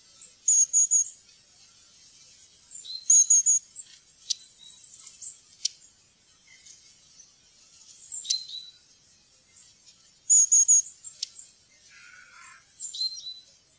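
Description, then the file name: Long-tailed tit calls: thin, very high trilled triplets given a few times, mixed with sharp ticks and short buzzy notes. "stjertmeis"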